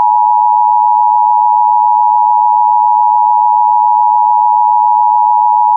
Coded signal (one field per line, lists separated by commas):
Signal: Emergency Alert System (SAME) tones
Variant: 853 and 960 Hz attention tone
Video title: Arizona Safe alert for an 11 year old boy EAS #20